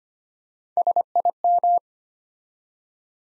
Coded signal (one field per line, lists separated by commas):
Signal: Morse code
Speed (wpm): 25 wpm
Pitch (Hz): 700 Hz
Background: none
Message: SIM